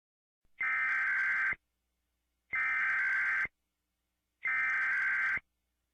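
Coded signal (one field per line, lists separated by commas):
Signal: Emergency Alert System (SAME) tones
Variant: header bursts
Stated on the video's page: Fictional mock alert videos with valid tones, including Emergency Broadcast System recreations.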